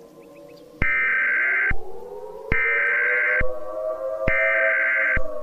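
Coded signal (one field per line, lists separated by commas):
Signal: Emergency Alert System (SAME) tones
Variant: header bursts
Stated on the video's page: Fictional EAS scenario using valid SAME tones.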